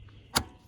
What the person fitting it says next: Push it in, and it locks into place.